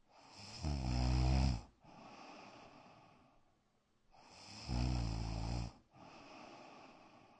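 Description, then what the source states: Dog snoring: two rasping snores, each trailed by a hushed breathy sound, with quiet pauses between. Black dog, snoring indoors in a bedroom.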